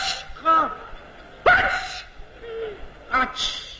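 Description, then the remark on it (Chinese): A voice imitates the way a Beijing person sneezes, ending on a "qi" sound, with a few sharp, breathy bursts, the loudest in the middle, each rising in pitch and cutting off abruptly. “那我问问您呢，您比如说这北京人打喷嚏什么味儿？”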